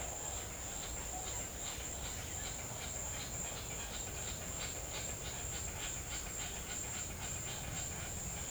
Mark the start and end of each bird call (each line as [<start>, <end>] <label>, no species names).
[0.00, 8.50] bird call